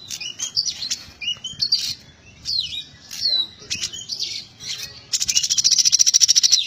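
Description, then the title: Small bird song of sharp chirps and downslurred whistles in short phrases, ending with a rapid, rhythmic high trill repeated over the last second and a half. "Burung Kecil"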